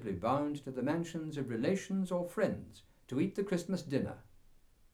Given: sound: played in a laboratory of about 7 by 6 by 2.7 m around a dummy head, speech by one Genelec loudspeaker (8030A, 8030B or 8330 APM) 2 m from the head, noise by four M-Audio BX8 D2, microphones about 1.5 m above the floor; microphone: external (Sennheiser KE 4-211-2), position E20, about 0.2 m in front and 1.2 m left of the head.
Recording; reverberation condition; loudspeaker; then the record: male speech in English; low; 30 degrees to the left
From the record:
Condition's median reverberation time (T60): about 310 ms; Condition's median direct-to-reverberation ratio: about 3.5 dB